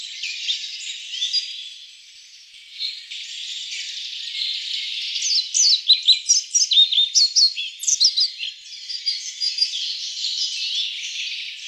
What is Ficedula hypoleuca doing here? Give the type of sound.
song